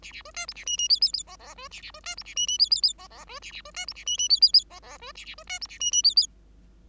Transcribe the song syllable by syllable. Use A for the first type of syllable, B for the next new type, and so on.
A A B C D A E E F F F G G B A A B C D A E E F F F G G B A A B C D A E E F F F G G B A A B C D A E E F F